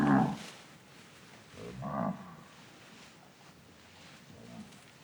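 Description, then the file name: Cattle lowing, a loud moo at the start followed by a second moo about two seconds later and a faint third near the end, over soft rustling. A herd of cattle walking on grass, several moos. "Patas no pasto do gado varios mugidos"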